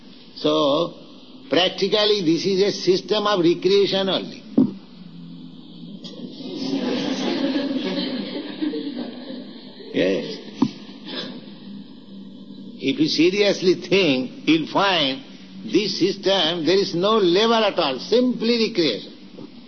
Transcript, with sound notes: So practically this is a system of recreation only. [laughter] Yes. If you seriously think, you'll find this system there is no labor at all; simply recreation.